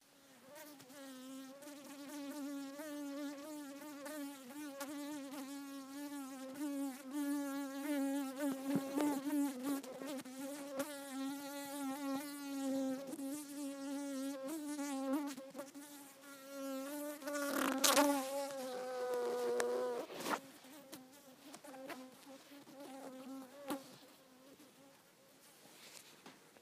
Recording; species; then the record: mosquito flight sound by mobile phone; Culiseta incidens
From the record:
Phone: not stated